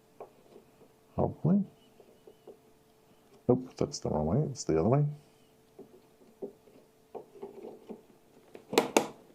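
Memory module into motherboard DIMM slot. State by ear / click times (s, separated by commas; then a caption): seated / 8.8 s, 9.0 s. A DDR5 memory stick, first tried the wrong way and then turned around, is pushed into a motherboard DIMM slot while someone talks. Two sharp clicks at 8.8 s and 9.0 s mark the stick and its plastic retention clips locking, and the module is seated.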